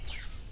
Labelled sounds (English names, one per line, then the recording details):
Stitchbird song
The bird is a male
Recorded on Tiritiri Matangi Island, New Zealand, in 2005
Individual 7, of nest box 9